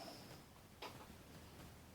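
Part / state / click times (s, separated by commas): torque wrench on connecting rod nut / torque reached / 0.8 s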